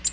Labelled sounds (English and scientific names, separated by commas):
Nashville Warbler (Leiothlypis ruficapilla) flight call